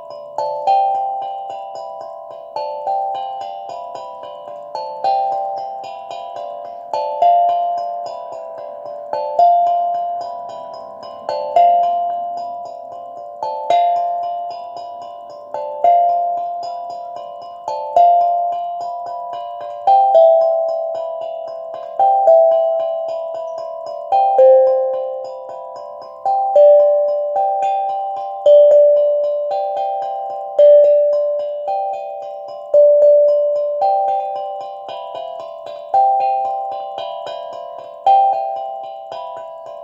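A steel tongue drum is played in a slow, even pattern, one ringing note struck roughly every second or two for the full forty seconds. Each tone starts clearly and fades away gradually, and pitches shift gently between a few mid-range notes with a faint bright shimmer above them.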